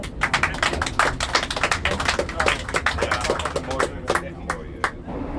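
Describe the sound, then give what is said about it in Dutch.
A crowd breaks into applause on a radio show, a dense, steady patter of many hands clapping at once that carries on evenly and thins slightly toward the end, with no speech over it. “Applaus voor de...”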